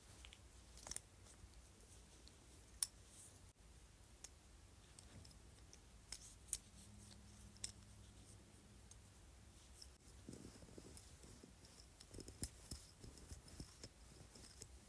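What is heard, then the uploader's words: A jade roller clicks and taps softly over a low, steady rumble, with sharp isolated ticks every second or two. A faint low hum rises briefly around seven seconds. After ten seconds the rolling grows busier, with closer clusters of small clicks and rustles. ASMR Jade Roller.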